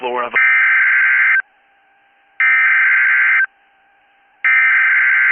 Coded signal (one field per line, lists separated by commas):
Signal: Emergency Alert System (SAME) tones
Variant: header bursts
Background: speech